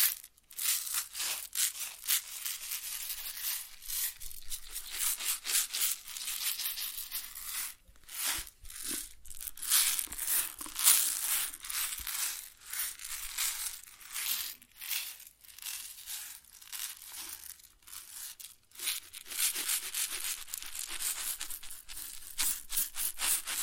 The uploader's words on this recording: ASMR Grain Sounds (No Talking).